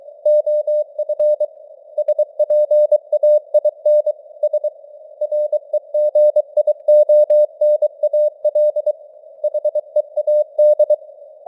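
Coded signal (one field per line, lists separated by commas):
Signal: Morse code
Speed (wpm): 23 wpm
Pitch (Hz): 600 Hz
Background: none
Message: OF SPAIN S REGIONAL HEAD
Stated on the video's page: Morse news headlines at 23 wpm with simulated radio noise and varying signal strength (QSB).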